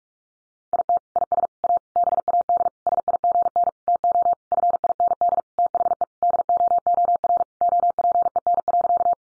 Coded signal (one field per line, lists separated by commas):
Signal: Morse code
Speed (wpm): 44 wpm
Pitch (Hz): 700 Hz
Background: none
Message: IT IS A BAD SIGN TO FIND THE DOOR OPEN.